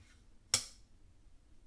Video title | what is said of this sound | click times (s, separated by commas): Fanttik NEX S1 Pro. Compact Standard 1/4 Electric Screwdriver Redesigned | then pulls. Hear the clicking sound, | 0.5 s